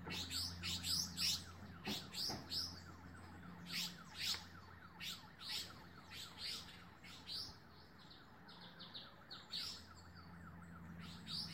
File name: Ploceus baglafecht - Baglafecht Weaver